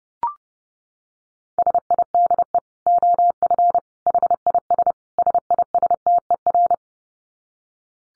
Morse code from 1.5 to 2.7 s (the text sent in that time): SIDE